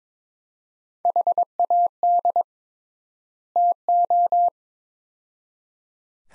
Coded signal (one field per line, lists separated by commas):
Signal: Morse code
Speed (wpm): 22 wpm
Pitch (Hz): 700 Hz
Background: none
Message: HAD TO